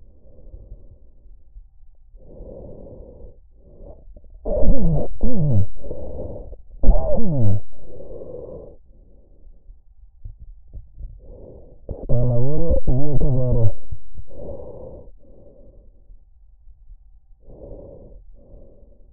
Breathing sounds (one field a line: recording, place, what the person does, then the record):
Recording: lung sounds by stethoscope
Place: trachea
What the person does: quiet breathing, then cough and speech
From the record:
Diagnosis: interstitial lung disease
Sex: male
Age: 66 years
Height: 164 cm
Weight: 76.2 kg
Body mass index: 28.3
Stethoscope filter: extended mode